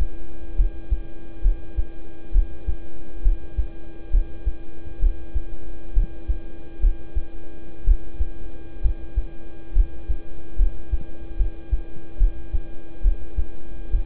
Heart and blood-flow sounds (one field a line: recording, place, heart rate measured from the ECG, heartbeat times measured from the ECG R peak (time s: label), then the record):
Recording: heart sounds by stethoscope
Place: between the tricuspid and mitral areas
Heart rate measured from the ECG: 67 bpm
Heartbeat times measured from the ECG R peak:
0.56 s: heartbeat
1.42 s: heartbeat
2.32 s: heartbeat
3.22 s: heartbeat
4.10 s: heartbeat
4.99 s: heartbeat
5.93 s: heartbeat
6.80 s: heartbeat
7.84 s: heartbeat
8.81 s: heartbeat
9.73 s: heartbeat
10.56 s: heartbeat
11.36 s: heartbeat
12.17 s: heartbeat
13.01 s: heartbeat
13.90 s: heartbeat
From the record:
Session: rest, lying down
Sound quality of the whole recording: good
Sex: male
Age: 26 years